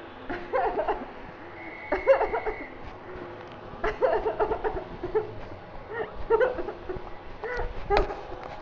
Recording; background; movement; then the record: laughter; traffic; sitting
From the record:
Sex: female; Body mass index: 18.8 kg/m2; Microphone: on the chest, facing outward